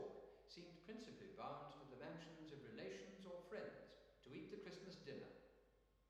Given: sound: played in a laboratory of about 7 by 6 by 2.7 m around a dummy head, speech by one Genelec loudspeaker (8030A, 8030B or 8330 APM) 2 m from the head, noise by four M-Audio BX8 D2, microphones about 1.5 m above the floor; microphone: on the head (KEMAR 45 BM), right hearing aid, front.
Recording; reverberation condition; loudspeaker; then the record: male speech in English; high; 90 degrees to the right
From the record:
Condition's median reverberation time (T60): about 1300 ms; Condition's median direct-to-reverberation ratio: about -4.0 dB